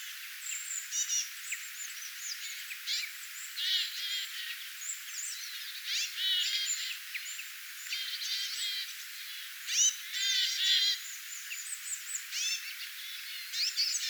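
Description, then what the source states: Small birds calling as a flock, a dense chatter of high, sharp chirps and short trills overlapping throughout. Flock of small birds calling, recorded on 22 August 2025.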